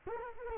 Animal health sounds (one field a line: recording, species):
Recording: mosquito wingbeat signal from an infrared sensor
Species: Culex quinquefasciatus